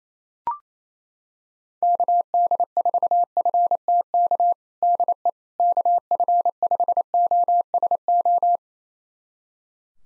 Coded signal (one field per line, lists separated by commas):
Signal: Morse code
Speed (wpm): 27 wpm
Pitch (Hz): 700 Hz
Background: none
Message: KD4FTK DE KF5OSO